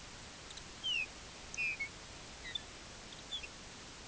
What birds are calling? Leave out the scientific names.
Lapland Longspur